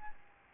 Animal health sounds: mosquito wingbeat signal from an infrared sensor; Aedes albopictus

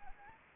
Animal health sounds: mosquito wingbeat signal from an infrared sensor; Anopheles arabiensis

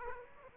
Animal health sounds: mosquito wingbeat signal from an infrared sensor; Aedes aegypti

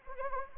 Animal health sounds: mosquito wingbeat signal from an infrared sensor; Anopheles arabiensis

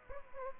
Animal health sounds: mosquito wingbeat signal from an infrared sensor; Aedes aegypti

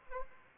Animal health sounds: mosquito wingbeat signal from an infrared sensor; Anopheles arabiensis

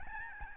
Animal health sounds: mosquito wingbeat signal from an infrared sensor; Aedes albopictus

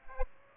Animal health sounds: mosquito wingbeat signal from an infrared sensor; Aedes aegypti

